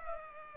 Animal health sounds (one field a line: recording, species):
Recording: mosquito wingbeat signal from an infrared sensor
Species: Culex pipiens